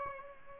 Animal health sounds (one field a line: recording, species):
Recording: mosquito wingbeat signal from an infrared sensor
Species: Aedes aegypti